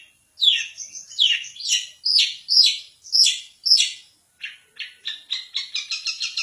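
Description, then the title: Long-tailed shrike song: several loud downslurred scratchy notes, then a faster series of short chattering notes. "Cendet"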